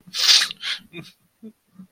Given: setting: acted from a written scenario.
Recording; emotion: vocal sound without words; sadness